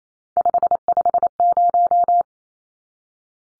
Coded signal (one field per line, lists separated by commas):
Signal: Morse code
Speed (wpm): 28 wpm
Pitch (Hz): 700 Hz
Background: none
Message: 550